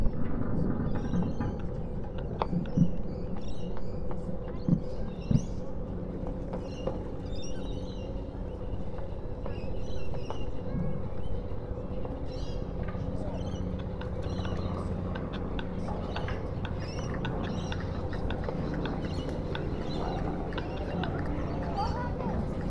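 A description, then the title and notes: A floating pontoon shifts on the water, giving a dense, steady low groaning and rumbling that never lets up. Scattered creaks, knocks and clicks break through at irregular moments, with faint high chirps and voices in the background. The eery-strange chaotic sounds made by floating pontoons moving in response to watery energies. In mid-winter this year, I went down to a favourite pontoon that floats alongside the Sydney Opera House at a place named the Man O’War Steps.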